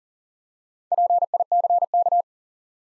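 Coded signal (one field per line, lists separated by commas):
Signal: Morse code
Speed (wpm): 41 wpm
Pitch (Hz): 700 Hz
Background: none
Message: PICK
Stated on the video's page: Morse practice set at 40 wpm, building 4-letter words one letter at a time for instant character recognition.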